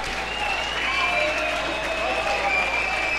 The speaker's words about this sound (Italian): Aspetta, gli applausi. Applaudiamo a questa meraviglia.